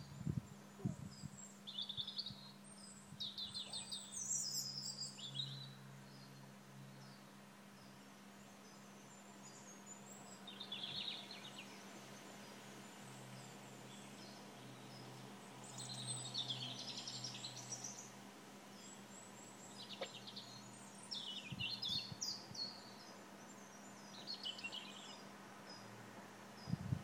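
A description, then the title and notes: Birds chirp in bright bursts every few seconds outside an open window, over a steady low hum and faint background noise throughout. From an open window in Shropshire.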